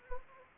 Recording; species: mosquito wingbeat signal from an infrared sensor; Anopheles arabiensis